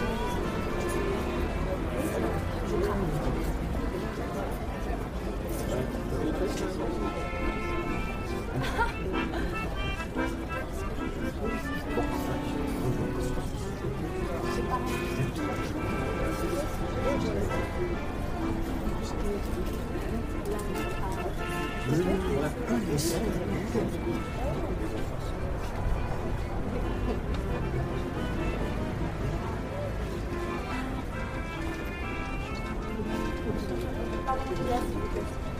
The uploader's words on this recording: Parisian Cafe Ambiance. Atmosphere of a Parisian cafe on a late night drinking a warm cup of coffee people talking.